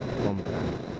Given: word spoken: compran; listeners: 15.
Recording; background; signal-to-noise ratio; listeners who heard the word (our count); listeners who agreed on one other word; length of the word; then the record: one Spanish word in noise, from a listening test; noise modulated by three-talker babble; -3.1 dB; 2 of 15; 11 of 15; 0.60 s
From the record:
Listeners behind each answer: 11, 2, 1, 1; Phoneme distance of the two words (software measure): 7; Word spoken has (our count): 2 syllables, 7 phonemes, stress on syllable 1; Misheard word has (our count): 2 syllables, 6 phonemes, stress on syllable 1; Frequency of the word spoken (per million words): 5.44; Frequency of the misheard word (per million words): 50.72